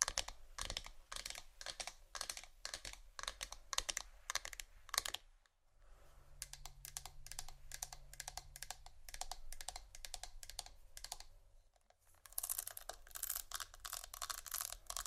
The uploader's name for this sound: Vinyl,plastic,bristles,tap,crinkle,scratching,glass,etc.